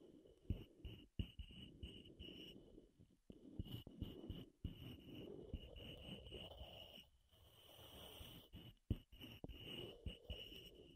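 Wood triggers for ASMR: soft knocks, taps and scratchy rubbing come in irregular bursts, with sharp clicks near the start and several quick taps around the four-second mark. A steady thin high whine sits underneath throughout, with a quieter pause near eight seconds.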